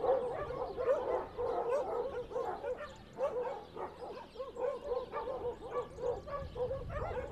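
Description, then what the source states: Dogs barking, many short mid-pitched barks in quick succession. Dogs recorded on Spetses.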